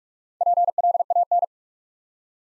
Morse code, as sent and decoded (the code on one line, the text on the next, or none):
.--. .-.. .- -.
PLAN